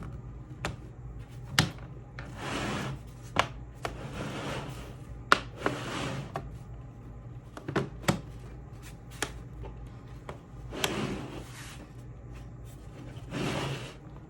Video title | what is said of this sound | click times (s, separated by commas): How To Upgrade A MSI GF63 10SC-222US Ultra Thin Gaming Laptop | and you'll be able to hear it kind of pop into place. | 1.6 s, 3.4 s, 5.3 s, 8.1 s, 10.8 s